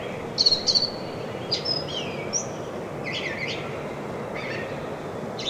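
Brown thrasher singing: a quick series of high clipped notes, then varied slurred and buzzy phrases with brief pauses, over constant background noise.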